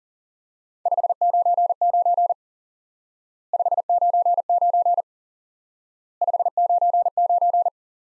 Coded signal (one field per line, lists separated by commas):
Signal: Morse code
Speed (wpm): 37 wpm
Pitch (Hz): 700 Hz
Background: none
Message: 599 599 599